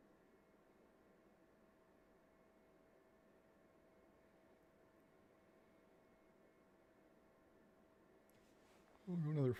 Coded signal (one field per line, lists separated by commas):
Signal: FT8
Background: speech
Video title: Sunday Ragchew & Digital QSOs! Ep. 2